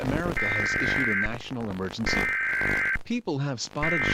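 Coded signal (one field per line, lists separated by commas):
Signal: Emergency Alert System (SAME) tones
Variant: header bursts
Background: speech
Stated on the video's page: EAS parody, not a real alert.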